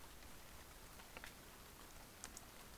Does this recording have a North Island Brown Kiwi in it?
no